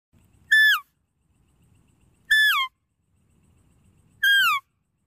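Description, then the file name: Deer calls: three loud squeals that slide downward, about two seconds apart, over a faint background rumble. "Tieng con nai keu"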